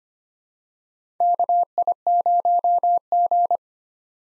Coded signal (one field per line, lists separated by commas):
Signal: Morse code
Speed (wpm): 25 wpm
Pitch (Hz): 700 Hz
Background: none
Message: KI0G